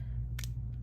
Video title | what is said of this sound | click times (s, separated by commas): Get to know The Janome Skyline S9 | it kind of sounds like it's breaking when you're putting it in and that's normal so it just snaps into place | 0.4 s